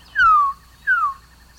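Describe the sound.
Resplendent Quetzal calls: two clear whistled notes, each sliding smoothly downward, spaced under a second apart, in an otherwise quiet background.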